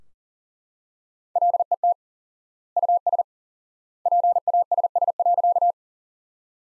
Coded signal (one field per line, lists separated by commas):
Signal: Morse code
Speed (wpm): 40 wpm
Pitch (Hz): 700 Hz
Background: none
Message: LET US PASS.